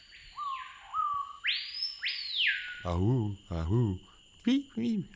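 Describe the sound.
A piha, a bird found only in the Amazon, sings its loud whistled song: short low notes, then two high, rising-and-falling sweeps. A person then imitates the call with a series of voiced whoops.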